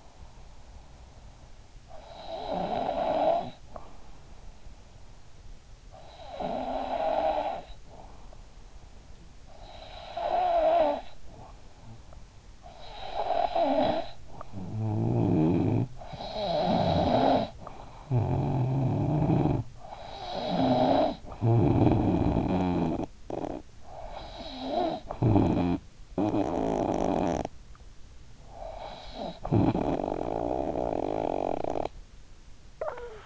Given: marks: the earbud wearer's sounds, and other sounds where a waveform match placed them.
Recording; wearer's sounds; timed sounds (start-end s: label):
sounds in sleep by an in-ear microphone; snoring breath
0.00-33.26 s: snoring breath